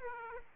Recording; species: mosquito wingbeat signal from an infrared sensor; Aedes aegypti